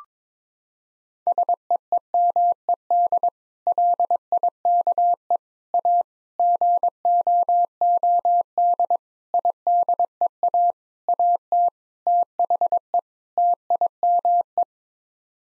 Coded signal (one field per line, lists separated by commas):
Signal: Morse code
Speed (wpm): 22 wpm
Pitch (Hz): 700 Hz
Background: none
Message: SEEMED LIKE A GOOD IDEA AT THE TIME